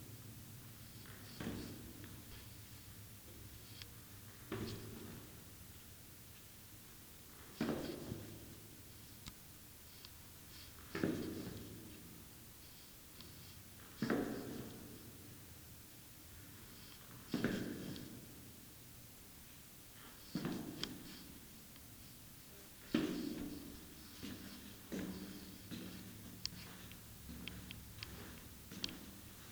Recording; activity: daily activity, guitar pickup as the sensor; go downstairs